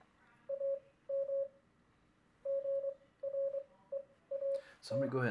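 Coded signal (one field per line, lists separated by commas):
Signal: Morse code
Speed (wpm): 23 wpm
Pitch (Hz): 550 Hz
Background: speech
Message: AM GREAT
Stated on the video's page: Morse code keyed into a computer through a Vail adapter for CW practice.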